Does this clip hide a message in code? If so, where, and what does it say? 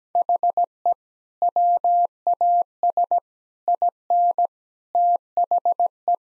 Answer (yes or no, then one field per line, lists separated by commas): yes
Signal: Morse code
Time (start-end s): 0.2-6.2 s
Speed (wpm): 17 wpm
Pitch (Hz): 700 Hz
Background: none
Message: HE WAS IN THE